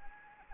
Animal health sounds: mosquito wingbeat signal from an infrared sensor; Anopheles arabiensis

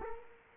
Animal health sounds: mosquito wingbeat signal from an infrared sensor; Culex quinquefasciatus

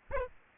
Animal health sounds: mosquito wingbeat signal from an infrared sensor; Aedes aegypti

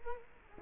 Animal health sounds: mosquito wingbeat signal from an infrared sensor; Culex quinquefasciatus

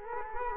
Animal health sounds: mosquito wingbeat signal from an infrared sensor; Culex quinquefasciatus

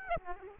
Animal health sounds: mosquito wingbeat signal from an infrared sensor; Aedes aegypti

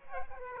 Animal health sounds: mosquito wingbeat signal from an infrared sensor; Aedes aegypti

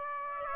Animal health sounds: mosquito wingbeat signal from an infrared sensor; Aedes aegypti

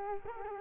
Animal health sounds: mosquito wingbeat signal from an infrared sensor; Culex quinquefasciatus

